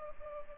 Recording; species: mosquito wingbeat signal from an infrared sensor; Culex pipiens